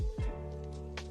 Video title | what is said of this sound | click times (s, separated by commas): Burning Steel Heavy Industry DP-H01 Ling Yao Live Build - USA Gundam TV! | is going to lock onto the frame of the arm there. | 1.0 s